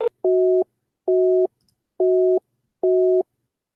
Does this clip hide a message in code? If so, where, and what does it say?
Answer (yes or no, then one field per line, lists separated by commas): no